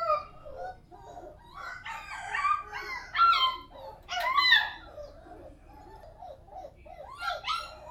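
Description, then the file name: Dog whining with drawn-out, wavering cries, mixed with a few louder yelps. "Con Cho Con Quay"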